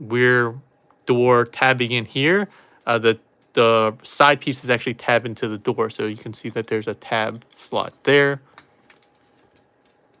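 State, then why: Not seated. Someone talks while handling a Transformers MP-56 Trailbreaker robot figure, lining up the plastic side piece's tab with the tab slot in its rear door so a quick squeeze can lock it into place. Only faint, brief handling ticks follow near the end, and nothing has seated or clicked yet.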